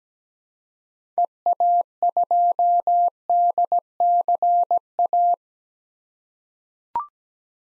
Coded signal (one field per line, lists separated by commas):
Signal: Morse code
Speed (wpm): 17 wpm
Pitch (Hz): 700 Hz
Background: none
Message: EA2DCA